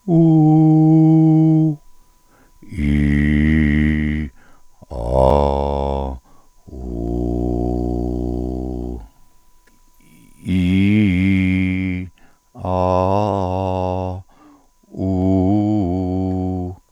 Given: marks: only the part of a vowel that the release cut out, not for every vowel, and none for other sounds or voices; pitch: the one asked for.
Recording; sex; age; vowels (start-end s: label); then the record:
sustained vowels; male; 70 to 79 years
0.30-1.53 s: vowel /u/, high pitch
3.00-4.06 s: vowel /i/, low pitch
5.29-5.97 s: vowel /a/, low pitch
7.20-8.51 s: vowel /u/, low pitch
10.62-11.79 s: vowel /i/, low-high-low pitch
12.82-13.90 s: vowel /a/, low-high-low pitch
15.20-16.45 s: vowel /u/, low-high-low pitch
From the record:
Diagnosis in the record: dysphonia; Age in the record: 71 years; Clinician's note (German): Funktionelle Dysphonie